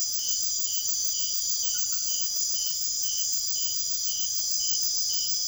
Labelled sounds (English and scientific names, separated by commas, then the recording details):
none
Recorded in secondary vegetation near Puerto Asís, Putumayo, Colombia, on 23 June 2025 at 23:30
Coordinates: 0.500, -76.326
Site GP08